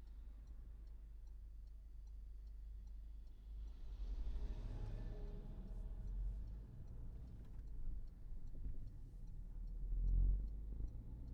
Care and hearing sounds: everyday scene through a hearing-aid microphone; in a vehicle; engine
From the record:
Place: Berlingo II, diesel engine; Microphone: behind the ear, right, front

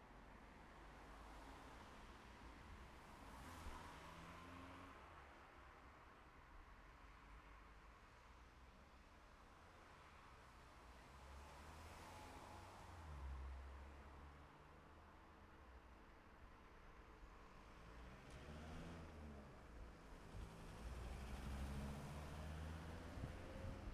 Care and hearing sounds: everyday scene through a hearing-aid microphone; in traffic; traffic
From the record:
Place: city secondary road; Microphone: behind the ear, left, front

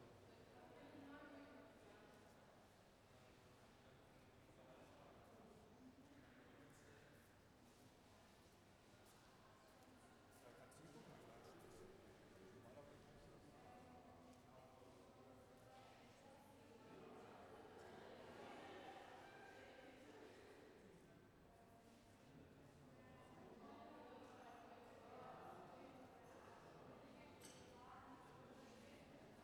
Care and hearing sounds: everyday scene through a hearing-aid microphone; reverberant space; background noise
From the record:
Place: railway station hall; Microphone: behind the ear, left, rear

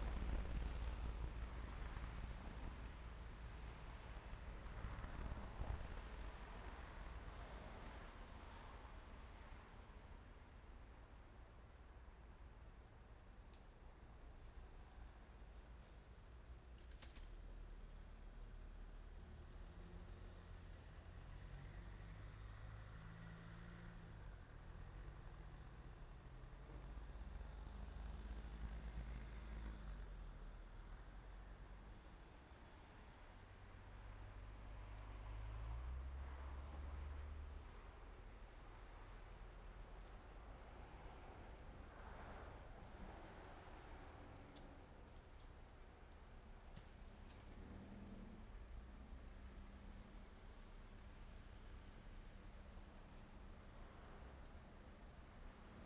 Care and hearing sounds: everyday scene through a hearing-aid microphone; in traffic; traffic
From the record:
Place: main road on the outskirts, rush hour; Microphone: behind the ear, right, rear

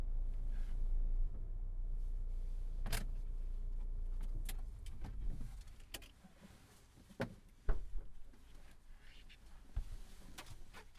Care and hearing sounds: everyday scene through a hearing-aid microphone; in a vehicle; other noises, engine stopping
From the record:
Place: Berlingo II, diesel engine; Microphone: behind the ear, right, rear

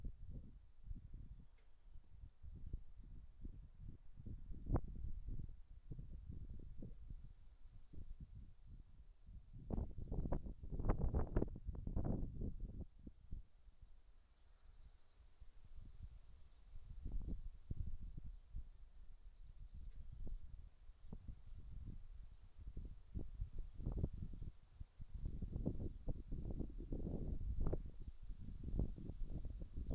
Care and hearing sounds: everyday scene through a hearing-aid microphone; wind on the microphone; gentle breeze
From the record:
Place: in front of a rural house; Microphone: behind the ear, right, front

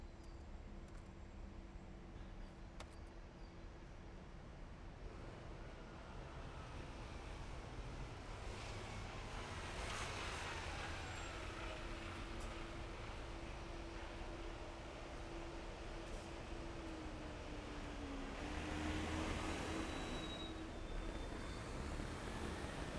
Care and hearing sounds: everyday scene through a hearing-aid microphone; in traffic; traffic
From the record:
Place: main city hub, rush hour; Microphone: behind the ear, left, rear

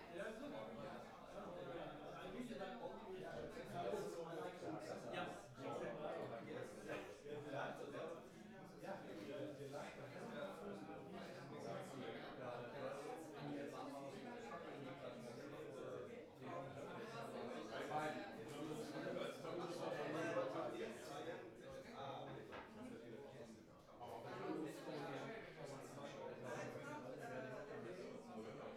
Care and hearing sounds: everyday scene through a hearing-aid microphone; many people talking; many voices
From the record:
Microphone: behind the ear, right, front

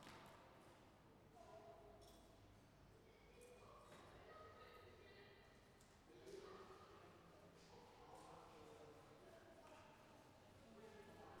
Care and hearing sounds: everyday scene through a hearing-aid microphone; reverberant space; background noise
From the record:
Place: railway station hall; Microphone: behind the ear, left, front

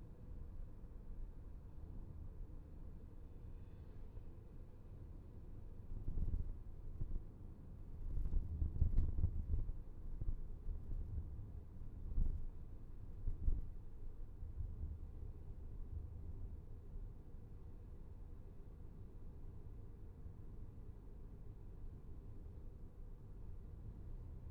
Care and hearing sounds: everyday scene through a hearing-aid microphone; in a vehicle; engine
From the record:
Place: VW T5 Caravelle, diesel engine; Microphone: behind the ear, left, front

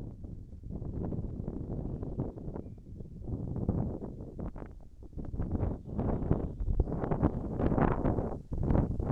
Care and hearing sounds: everyday scene through a hearing-aid microphone; wind on the microphone; wind, birds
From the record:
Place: in front of a rural house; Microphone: behind the ear, right, front

